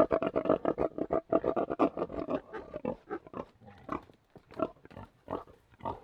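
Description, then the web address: Tamworth pig grunting, a rapid stream of rough, pulsed grunts, louder and denser at first, then thinning into separate bursts. Three pigs grunting together. "BBC Sound Effects Library. Livestock. Three Tamworth Pigs Grunting"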